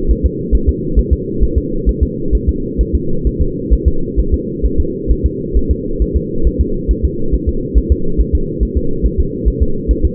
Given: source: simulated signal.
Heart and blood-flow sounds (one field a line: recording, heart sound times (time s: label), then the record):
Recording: fetal heart sounds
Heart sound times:
0.11 s: S1
0.25 s: S2
0.55 s: S1
0.69 s: S2
0.99 s: S1
1.13 s: S2
1.43 s: S1
1.58 s: S2
1.89 s: S1
2.03 s: S2
2.35 s: S1
2.49 s: S2
2.81 s: S1
2.95 s: S2
3.27 s: S1
3.42 s: S2
3.73 s: S1
3.88 s: S2
4.20 s: S1
4.34 s: S2
4.65 s: S1
4.80 s: S2
5.11 s: S1
5.26 s: S2
5.57 s: S1
5.71 s: S2
6.02 s: S1
6.17 s: S2
6.47 s: S1
6.61 s: S2
6.91 s: S1
7.05 s: S2
7.35 s: S1
7.49 s: S2
7.78 s: S1
7.92 s: S2
8.21 s: S1
8.35 s: S2
8.63 s: S1
8.77 s: S2
9.06 s: S1
9.20 s: S2
9.48 s: S1
9.62 s: S2
9.91 s: S1
10.05 s: S2
From the record:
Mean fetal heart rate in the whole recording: 135 bpm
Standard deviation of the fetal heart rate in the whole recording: 3 bpm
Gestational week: 34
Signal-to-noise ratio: -8.1 dB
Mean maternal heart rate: 72 bpm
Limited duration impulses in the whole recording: absent